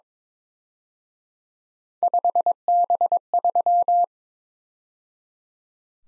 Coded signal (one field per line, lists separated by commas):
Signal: Morse code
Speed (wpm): 26 wpm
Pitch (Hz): 700 Hz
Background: none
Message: 5B3